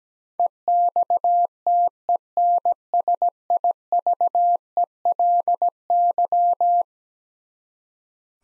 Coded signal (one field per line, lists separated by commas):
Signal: Morse code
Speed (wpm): 17 wpm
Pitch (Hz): 700 Hz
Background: none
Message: EXTENSIVELY